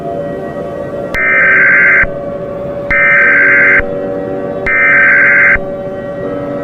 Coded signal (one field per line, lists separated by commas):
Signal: Emergency Alert System (SAME) tones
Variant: header bursts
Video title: EAS Scenario 10: Blood moon attack